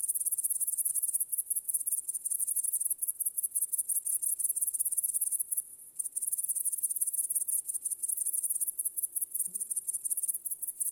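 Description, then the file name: Shrill cricket chirps pulse steadily, while a faint low tone and a short soft sound appear near the end. "świerszcze"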